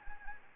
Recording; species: mosquito wingbeat signal from an infrared sensor; Anopheles gambiae